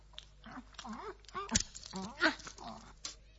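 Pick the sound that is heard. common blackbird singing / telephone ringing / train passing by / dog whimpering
dog whimpering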